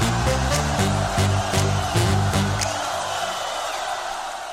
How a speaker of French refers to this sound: Donc que je vais entendre des applaudissements.